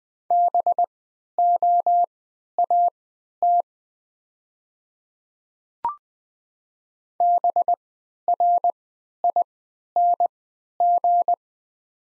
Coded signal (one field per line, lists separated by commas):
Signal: Morse code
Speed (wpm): 20 wpm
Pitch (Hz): 700 Hz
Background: none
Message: BOAT BRING